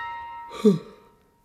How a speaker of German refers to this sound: legte das Blatt weg und gähnte.